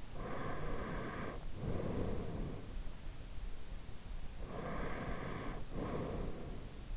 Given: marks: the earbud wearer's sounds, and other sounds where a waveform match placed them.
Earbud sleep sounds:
sounds in sleep by an in-ear microphone; breath
0.00-2.87 s: breath
4.35-6.89 s: breath

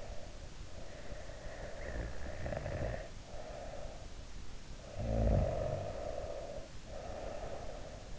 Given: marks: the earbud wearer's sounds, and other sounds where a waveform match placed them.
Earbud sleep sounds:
sounds in sleep by an in-ear microphone; snoring breath
0.95-4.12 s: snoring breath
4.64-8.19 s: snoring breath

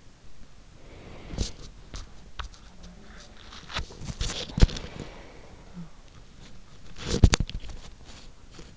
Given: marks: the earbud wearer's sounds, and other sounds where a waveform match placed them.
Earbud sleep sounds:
sounds in sleep by an in-ear microphone; body movement, breath
0.67-8.77 s: body movement
4.20-5.89 s: breath

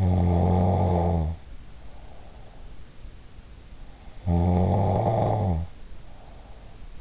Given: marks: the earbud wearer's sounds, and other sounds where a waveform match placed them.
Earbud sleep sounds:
sounds in sleep by an in-ear microphone; snoring breath
0.04-2.69 s: snoring breath
4.05-7.01 s: snoring breath

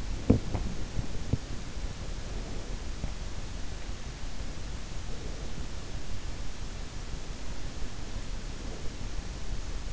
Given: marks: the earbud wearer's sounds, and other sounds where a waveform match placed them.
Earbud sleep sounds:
sounds in sleep by an in-ear microphone; teeth grinding
0.00-1.31 s: teeth grinding

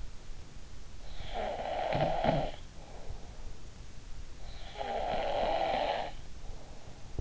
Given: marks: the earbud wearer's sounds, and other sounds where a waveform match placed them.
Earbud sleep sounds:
sounds in sleep by an in-ear microphone; snoring breath
1.27-3.64 s: snoring breath
4.55-7.18 s: snoring breath

